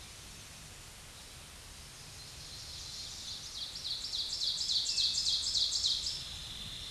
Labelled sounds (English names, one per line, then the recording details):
Ovenbird song
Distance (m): 30 m
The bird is about 10 m above the microphone
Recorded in a Pennsylvania forest on 16 May 2024 at 07:04
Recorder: AudioMoth, point MSD-2146
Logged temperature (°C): 16.7 °C
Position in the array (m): 146 m, 7 m